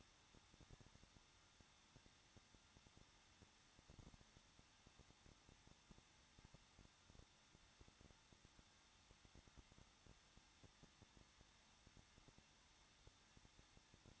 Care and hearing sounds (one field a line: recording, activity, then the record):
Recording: daily activity, microphone in the room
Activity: no activity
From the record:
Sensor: 3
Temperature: 21.2 degrees Celsius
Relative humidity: 36.4%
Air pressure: 1006.4 hPa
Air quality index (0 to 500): 223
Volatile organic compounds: 43 ppm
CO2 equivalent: 3196 ppm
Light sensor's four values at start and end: 2/3/2/2 and 2/3/2/2